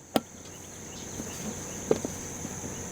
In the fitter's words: and this just snaps back in place a little